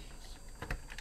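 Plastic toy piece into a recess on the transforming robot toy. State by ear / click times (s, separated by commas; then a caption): not seated / none. A plastic piece is pressed into a recess on a transforming plastic robot toy because the part is not held firmly. Light handling noise and a few soft taps and ticks are heard, the clearest around 0.6–0.7 s and again near 1.0 s. Nothing has seated or clicked into place yet.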